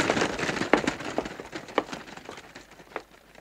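Footsteps of men walking away crunch on gravel in an uneven run of gritty, scraping steps, a few sharper crunches standing out before the sound gradually grows quieter. No voices are heard.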